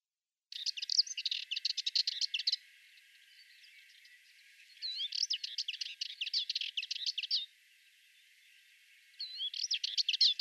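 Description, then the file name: Sardinian warbler singing three quick chattering bursts of harsh, rattling notes, each lasting a couple of seconds, with quiet hiss in between. "Fauvette melanocephale"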